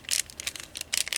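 The head of a vintage 1984 Transformers G1 Autobot Sunstreaker, a die-cast and plastic transforming robot toy, is pushed into its socket in the chest/torso, producing a series of short, bright plastic clicks and rattles. The head snaps and pops into place at 0.97 s.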